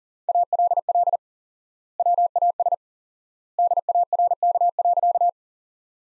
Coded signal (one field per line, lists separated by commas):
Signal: Morse code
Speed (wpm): 40 wpm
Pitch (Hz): 700 Hz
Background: none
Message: ALL WAS DARK.